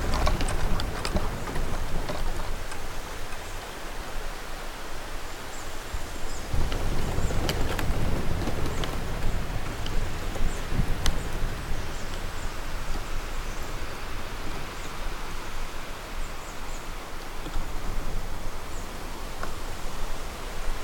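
Bamboo sways in the wind, giving a steady, dense rustle that fills the whole clip. Low gusts swell and ease, strongest around seven to nine seconds, while brief thin creaks and snaps of the stalks pop out now and then, notably near eleven seconds.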